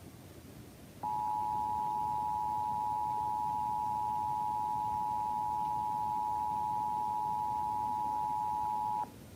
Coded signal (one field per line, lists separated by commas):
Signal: Emergency Alert System (SAME) tones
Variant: 853 and 960 Hz attention tone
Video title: EAS SVR (From ???) 3/5/26 8:52 PM CST (Credit Goes To @SouthernPennsylvaniaWX/@KanawhaCountyWX)